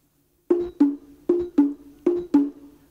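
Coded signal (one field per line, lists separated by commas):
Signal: talking drum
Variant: two-tone Congo slit drum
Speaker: I'll read out first of all five phrases attention the talking drum goes down river to the Village to the Village of yakuzo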